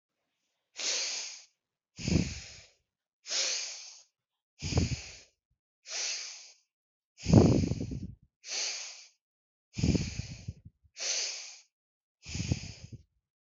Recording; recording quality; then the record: deep breathing; excellent, no background noise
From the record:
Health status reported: healthy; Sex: female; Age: 20 years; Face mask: not worn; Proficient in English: yes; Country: India